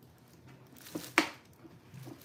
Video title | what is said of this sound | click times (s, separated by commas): Anybody want to help? | See, it snaps into place. | 1.2 s